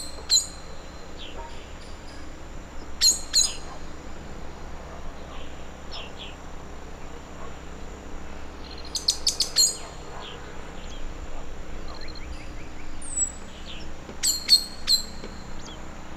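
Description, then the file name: Eurasian blackbird calls, sharp clicking chinks in short bursts of two or three, scattered throughout over quiet background. "Turdus merula"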